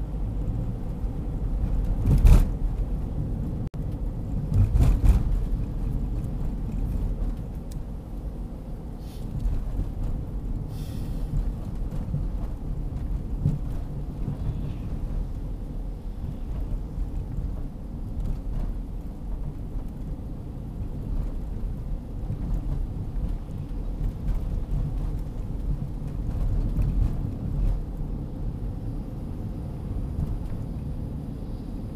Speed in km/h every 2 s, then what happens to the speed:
49, 47, 45, 43, 43, 42, 40, 38, 36, 36, 38, 40, 41, 41, 41, 37.
0-16 slows to 36. 16-32 steady at about 38.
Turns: none.